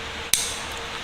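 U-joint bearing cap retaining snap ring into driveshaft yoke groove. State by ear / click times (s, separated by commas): seated / 0.3 s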